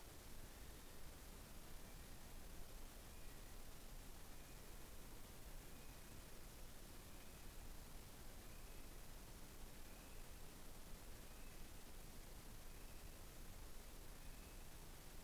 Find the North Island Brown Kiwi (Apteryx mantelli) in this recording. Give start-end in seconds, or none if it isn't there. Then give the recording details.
0.00-14.89. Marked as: faintness 4/5. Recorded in New Zealand on 15 November 2013. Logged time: 00:43. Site BV22